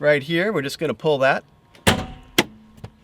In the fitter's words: and you'll hear it click and that has released the latch